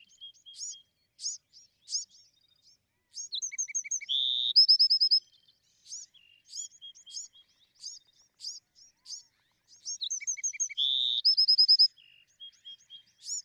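Bewick's wren song: high scratchy notes, a short buzz, then a fast trill of clear repeated notes, given twice with quiet gaps between, clean background.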